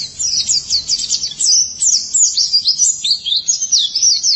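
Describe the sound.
White-eye song: a fast, unbroken stream of high, thin twittering notes with quick rising and falling slurs, continuing without pause throughout.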